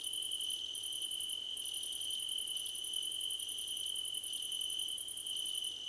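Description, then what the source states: Chorus of crickets with a continuous high buzz and a fast, even series of pulsed chirps running almost without a break. A crickets' choir competition.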